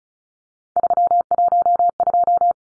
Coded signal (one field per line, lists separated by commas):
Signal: Morse code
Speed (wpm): 34 wpm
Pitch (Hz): 700 Hz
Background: none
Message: 312